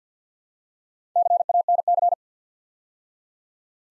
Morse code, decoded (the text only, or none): CANC